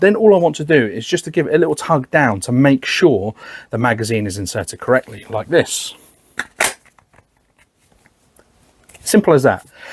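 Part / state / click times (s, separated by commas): magazine into rifle magazine well / seated / 6.4 s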